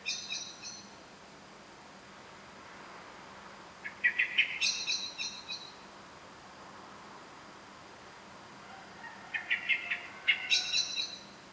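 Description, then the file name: Eurasian blackbird calling in a few harsh chattering bursts of stacked, scratchy notes, over a faint low hum. "Turdus merula"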